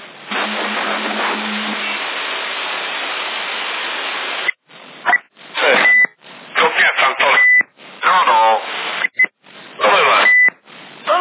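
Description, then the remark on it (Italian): Steady CB radio static hiss in Sassari, June 2011, gives way to choppy bursts of transmission, each ending in a short, high-pitched beep. Garbled voices come through between the beeps. “Sento solamente pipi pipi pipi, ma non sento la tua voce.”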